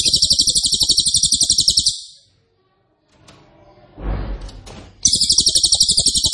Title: Cililin NEMBAK KERAS dan RAPAT masteran murai batu cucak ijo dan kacer